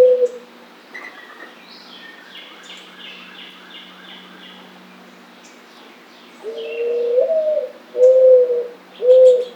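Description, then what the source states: Mourning dove: a brief coo at the very start, then after a quiet stretch with other birds chirping high, a rising coo phrase and two more soft coos. Recorded on 18 July 2009.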